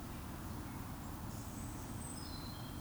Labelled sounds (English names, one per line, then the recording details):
Eurasian Woodcock whistle
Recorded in Baden-Württemberg, Germany, on 26 June 2020 at 19:32 UTC
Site 44395, 213 m above sea level